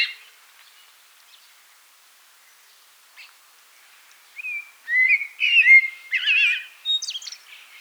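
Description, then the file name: Common blackbird song: faint quiet notes at first, then a rich fluted warble in the second half ending in high, thin squeaky twitters. "Turdus merula"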